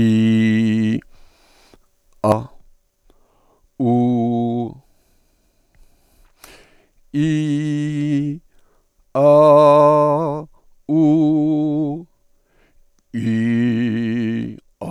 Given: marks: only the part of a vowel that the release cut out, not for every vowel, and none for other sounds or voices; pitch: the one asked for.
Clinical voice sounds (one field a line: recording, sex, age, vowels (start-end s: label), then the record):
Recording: sustained vowels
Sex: male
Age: 60 to 69 years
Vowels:
0.00-0.89 s: vowel /i/, normal pitch
3.87-4.61 s: vowel /u/, normal pitch
7.20-8.18 s: vowel /i/, high pitch
9.25-10.17 s: vowel /a/, high pitch
10.96-11.85 s: vowel /u/, high pitch
13.28-14.37 s: vowel /i/, low pitch
From the record:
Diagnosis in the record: healthy voice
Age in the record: 66 years